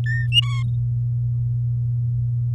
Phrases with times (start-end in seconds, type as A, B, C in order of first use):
0.06-0.26 A, 0.32-0.63 B